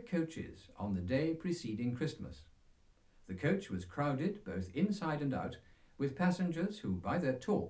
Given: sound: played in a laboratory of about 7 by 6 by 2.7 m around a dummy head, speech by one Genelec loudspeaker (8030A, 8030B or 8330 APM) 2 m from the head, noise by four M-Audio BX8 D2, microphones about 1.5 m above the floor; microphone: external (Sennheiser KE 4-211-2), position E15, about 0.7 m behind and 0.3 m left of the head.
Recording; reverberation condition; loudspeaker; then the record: male speech in English; low; 60 degrees to the right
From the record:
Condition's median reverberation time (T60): about 310 ms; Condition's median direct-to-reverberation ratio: about 3.5 dB